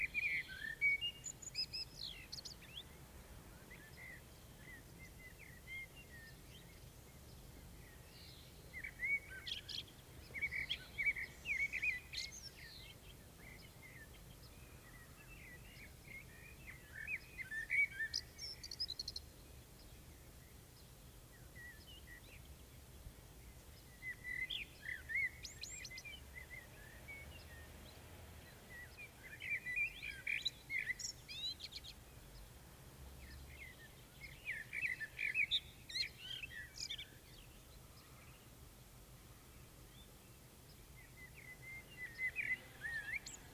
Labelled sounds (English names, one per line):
Common Blackbird song